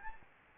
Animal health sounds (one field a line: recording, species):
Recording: mosquito wingbeat signal from an infrared sensor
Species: Anopheles gambiae